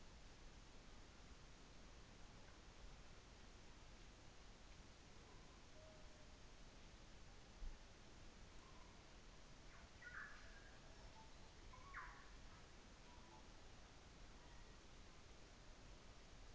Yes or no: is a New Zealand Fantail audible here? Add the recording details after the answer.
no. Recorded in New Zealand on 24 December 2018. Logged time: 17:45